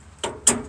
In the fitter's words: give it a good push on there and you hear an audible click.